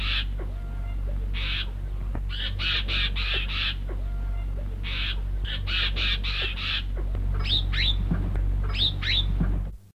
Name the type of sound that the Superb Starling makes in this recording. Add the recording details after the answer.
call. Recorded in captivity. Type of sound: call. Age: immature. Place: Vogelpark Walsrode, Niedersachsen, DE. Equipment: Halbspur, 9,5 cm/s. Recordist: Lütgens, Hans. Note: 4wöchige